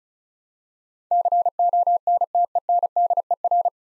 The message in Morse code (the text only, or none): CONTENDER